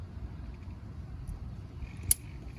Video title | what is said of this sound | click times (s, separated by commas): Replace Fog Light on a 2002 Ford Escape XLT | boom all right I heard the click all right now I'm gonna pull this back | 2.1 s